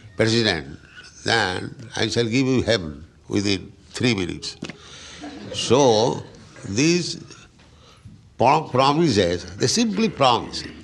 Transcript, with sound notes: president, then I shall give you heaven within three minutes." [laughter] So these promises, they simply promise.